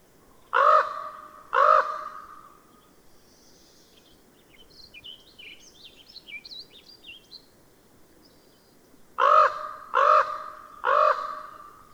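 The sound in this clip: Bird cawing loudly, two harsh caws, a pause filled with soft high twittering, then three more rapid caws at the end.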